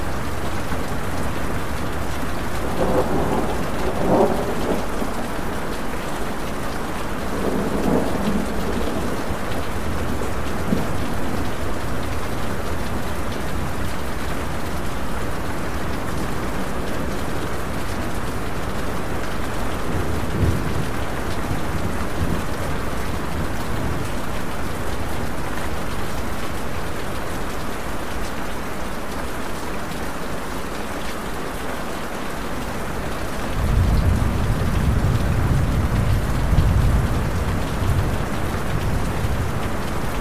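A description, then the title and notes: Steady heavy rain hisses without pause through the whole recording. Low rumbles of thunder roll through around 3 to 9 seconds and again near 20 seconds, and a louder, deeper rumble builds from about 34 seconds to the end. Thunderstorm Sounds. Rainstorm White Noise.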